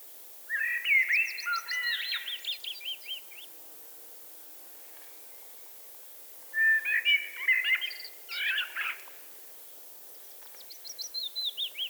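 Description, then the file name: Eurasian blackbird singing phrases that start rich and fluty, then break into a rapid, high scratchy twitter, with pauses between. "Turdus merula"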